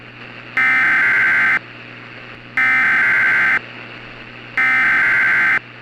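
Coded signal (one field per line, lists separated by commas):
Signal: Emergency Alert System (SAME) tones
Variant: header bursts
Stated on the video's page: A fictional EAS scenario of a tornado on the Carolina coast, with loud tones.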